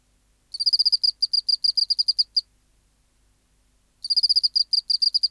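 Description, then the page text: Oceanic field cricket song in two bursts of high chirping pulses. Each opens with a tight run and then breaks into spaced pulse pairs, with quiet in between. Museum specimen recorded in an acoustic laboratory, 19 March 1984, 11:15 local time, 24 °C, 30% humidity, dim light. "Teleogryllus oceanicus. Mandag, marts 19, 1984"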